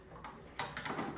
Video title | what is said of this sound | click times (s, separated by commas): Ewok Village Build -Kenner Vintage Star Wars Playset Original 1983 Spotlight and Repair | really snap into place it's | 0.6 s